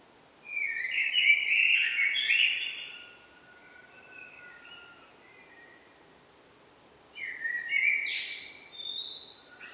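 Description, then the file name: Common blackbird singing two mellow warbled phrases about seven seconds apart, each closing with high, thin twittering notes. "Turdus merula"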